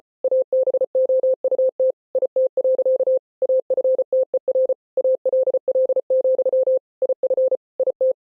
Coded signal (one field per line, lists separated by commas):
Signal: Morse code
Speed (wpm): 33 wpm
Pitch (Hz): 520 Hz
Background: none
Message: ABOUT IT. AFTER ALL, IF IT